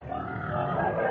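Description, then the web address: Pig giving a harsh, drawn-out rasping call that starts abruptly and holds steady for about a second. Pig in mud; also labelled slaughter. "Partners In Rhyme Pig Slaughter"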